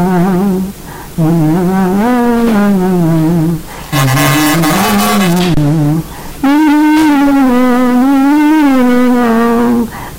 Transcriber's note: humming the song